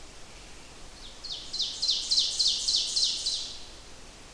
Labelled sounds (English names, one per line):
Ovenbird song